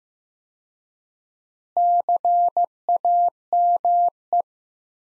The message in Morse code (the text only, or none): CAME